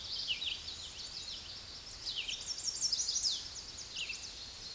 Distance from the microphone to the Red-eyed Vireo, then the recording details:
about 25 m. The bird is about 10 m above the microphone. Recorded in a Pennsylvania forest on 16 May 2024 at 06:27. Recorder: AudioMoth, point MSD-2208. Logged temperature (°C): 15.2 °C. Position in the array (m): 156 m, 69 m